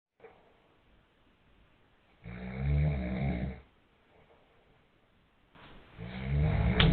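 Two loud, low, rumbling snores on the in-breath, each lasting over a second, with quiet exhalations between them, at roughly 18 breaths a minute. This is ordinary heavy snoring, too loud, from an adult man, a father, asleep in bed.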